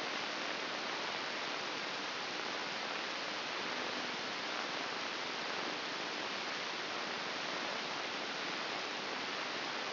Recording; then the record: brain microelectrode recording played as sound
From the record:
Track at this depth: outside the subthalamic nucleus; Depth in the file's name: 8.704 mm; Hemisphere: left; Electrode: 2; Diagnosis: Parkinson's disease